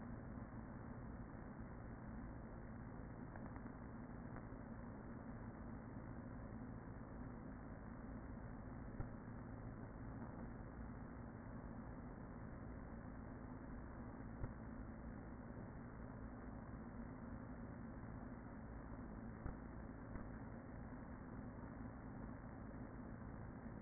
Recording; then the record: honeybee colony, microphone inside the hive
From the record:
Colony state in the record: queen present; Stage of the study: after two queens were removed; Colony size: about 40,000 bees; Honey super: no